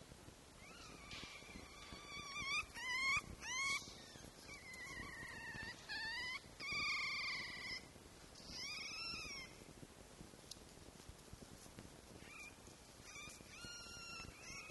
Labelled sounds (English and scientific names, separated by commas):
Red Fox (Vulpes vulpes)